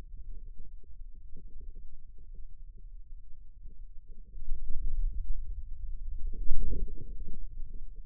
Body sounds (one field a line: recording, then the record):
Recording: forearm muscle sounds (acoustic myography)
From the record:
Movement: wrist extension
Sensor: system 2, bracelet of six BSWA MPA416 microphones around the upper forearm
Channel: 6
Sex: male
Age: 22 years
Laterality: right